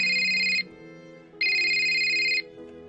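A telephone rings twice as a man calls his wife, each ring a steady, bright, high electronic trill lasting under a second, separated by a short pause, with a faint low hum underneath and no talking.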